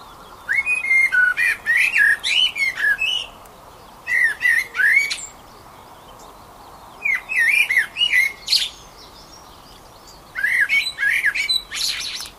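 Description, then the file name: Eurasian blackbird singing mellow, fluty warbled notes with thin squeaky flourishes, in four phrases spread throughout, with steady faint background hiss. "Turdus merula"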